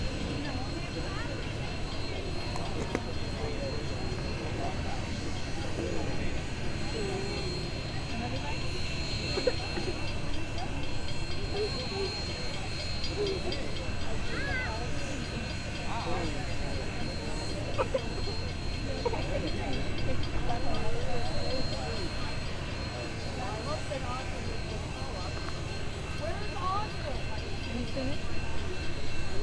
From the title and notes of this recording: 844 Big Boy, Pacific, MO. A stereo field recording from October 2016 in Pacific, Missouri. Union Pacific No. 844 approaching, sitting and then leaving, was made at the intersection of First Street and the train tracks.